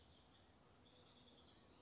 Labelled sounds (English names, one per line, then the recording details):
House Wren
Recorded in Sonoma County, California